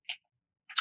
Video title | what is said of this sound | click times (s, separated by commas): TikTok Haul: Dentemp Braces Flosser | Just like that. Snap close. | 0.1 s, 0.7 s